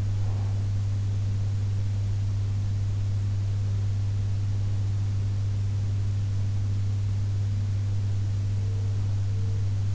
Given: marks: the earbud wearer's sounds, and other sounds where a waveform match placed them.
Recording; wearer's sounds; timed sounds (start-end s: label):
sounds in sleep by an in-ear microphone; breath
0.00-0.76 s: breath